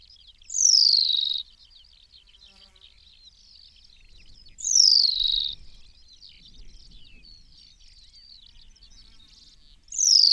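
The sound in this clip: New Zealand pipit calls: a loud, buzzy note sliding downward, given three times several seconds apart, with faint high twittering in the gaps.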